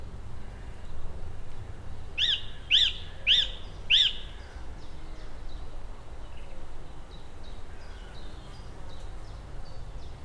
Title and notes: A song thrush sings its complicated songs in a tree high above the River Thames in rural Oxfordshire, captured on a hot, close summer's day. by Cities and Memory